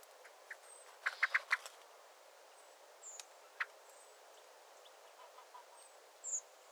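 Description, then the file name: Common blackbird giving a quick burst of five sharp clicking chinks just after one second, with a few scattered fainter notes and thin high whistles. "Turdus merula"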